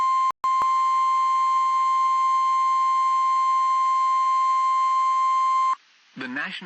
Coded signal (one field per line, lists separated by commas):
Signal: Emergency Alert System (SAME) tones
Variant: 1050 Hz attention tone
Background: speech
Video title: Severe Thunderstorm Warning North Carolina Noaa Weather Radio Station WNG706 Garner, NC 7/6/26